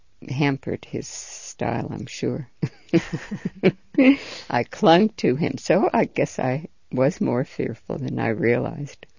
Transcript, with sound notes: hampered his style, I'm sure. ( they laugh ) I clung to him. So I guess I was more fearful than I realized.